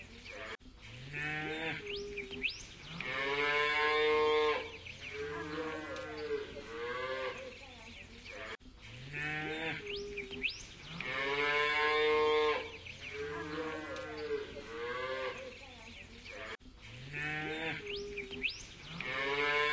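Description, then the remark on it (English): A cow's drawn-out moo repeats as a loop used as a beat, three times at regular intervals of about eight seconds, each call loud and harmonic with a rising then falling bellow, cut off abruptly between repeats. “all wrapped to a fucking cow's mouth”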